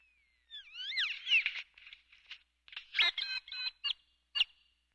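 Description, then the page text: Great-tailed grackle calling: swooping whistles mixed with harsh, rattling chatter, then a second burst of loud clacks and squeaky notes with short pauses between. "Great Tailed Grackle. Quick Sounds"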